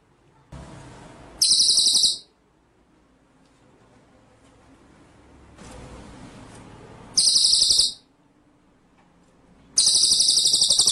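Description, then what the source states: White-rumped shama song: three short bursts of high, buzzy pulsed trilling spaced a few seconds apart, with low hiss between them. Masteran training song in rolling, shooting style (ngerol nembak).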